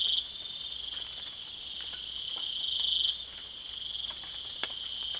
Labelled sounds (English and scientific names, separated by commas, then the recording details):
none
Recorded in secondary vegetation near Puerto Asís, Putumayo, Colombia, on 25 June 2025
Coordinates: 0.488, -76.319
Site G094